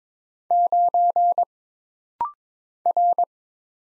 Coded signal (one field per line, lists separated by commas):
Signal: Morse code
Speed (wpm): 22 wpm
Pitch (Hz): 700 Hz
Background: none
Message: 9 R